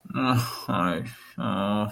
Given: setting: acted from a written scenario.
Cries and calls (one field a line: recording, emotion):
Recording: vocal sound without words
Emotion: shame